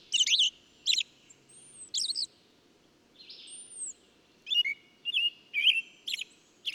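Bird song: a few loud high chirps, thin arching whistles, then a quick cluster of sharp twittering notes near the end.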